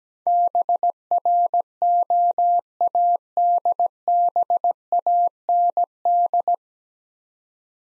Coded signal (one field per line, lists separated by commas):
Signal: Morse code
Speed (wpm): 17 wpm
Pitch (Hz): 700 Hz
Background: none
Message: BROADBAND